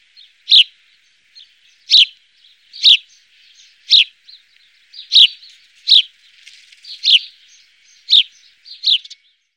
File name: gorrion comun